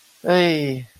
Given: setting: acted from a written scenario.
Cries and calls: vocal sound without words; distress

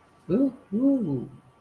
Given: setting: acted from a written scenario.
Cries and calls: vocal sound without words; romantic love

